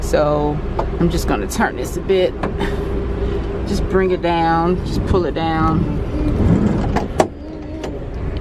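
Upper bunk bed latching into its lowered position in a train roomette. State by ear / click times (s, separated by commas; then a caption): seated / 7.2 s. Someone talks while releasing the latch on the upper fold-down bunk of a train roomette and pulling it down, the bunk lowering against resisting pulleys over a steady low hum. At 7.2 s, the bunk's metal mechanism locks into its lowered position with a sharp clunk, seating in place.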